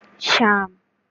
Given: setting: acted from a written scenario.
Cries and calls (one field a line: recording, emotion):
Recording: vocal sound without words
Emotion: shame